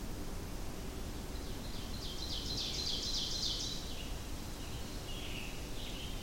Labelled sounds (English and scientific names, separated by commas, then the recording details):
Ovenbird (Seiurus aurocapilla) song
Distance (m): 70 m
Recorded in boreal forest in Alberta, Canada, on 25 June 2016 at 08:21
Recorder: SongMeter 3, array SBT-6-76
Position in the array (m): 307 m, 74 m
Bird 1